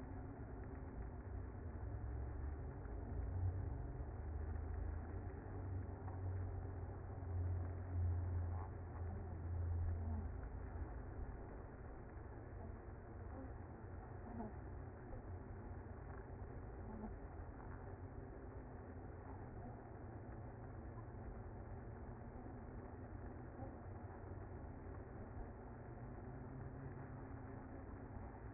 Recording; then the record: honeybee colony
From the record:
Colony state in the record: active